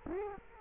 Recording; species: mosquito wingbeat signal from an infrared sensor; Culex quinquefasciatus